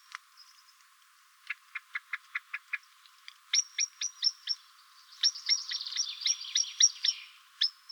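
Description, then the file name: Common blackbird with a fast string of dry clicks, then louder, ringing ticks in rapid bursts mixed with a buzzy chatter. "Turdus merula"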